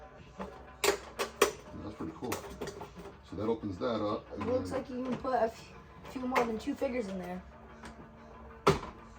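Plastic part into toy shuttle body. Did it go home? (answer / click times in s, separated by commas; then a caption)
yes / 8.7 s. A plastic part is pressed into its socket on a Hasbro Star Wars Imperial Shuttle toy model (Saga Collection, 2008 Target exclusive) while someone talks. Sharp plastic knocks sound near the start, and a single crisp snap at 8.7 s marks the part seating into place.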